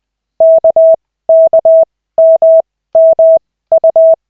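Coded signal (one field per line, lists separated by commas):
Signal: Morse code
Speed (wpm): 20 wpm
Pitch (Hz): 650 Hz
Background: none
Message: KKMMU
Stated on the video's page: Koch method Morse practice session from LCWO lessons, two characters stage.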